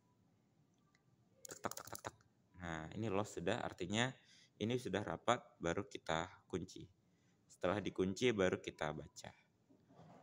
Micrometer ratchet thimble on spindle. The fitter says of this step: dekat maka kita beralih ke pemutar kecil sampai berbunyi nah